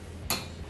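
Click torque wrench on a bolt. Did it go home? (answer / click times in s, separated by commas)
yes / 0.3 s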